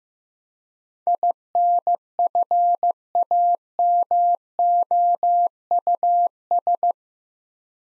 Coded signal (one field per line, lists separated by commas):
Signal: Morse code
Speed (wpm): 15 wpm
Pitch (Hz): 700 Hz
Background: none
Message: INFAMOUS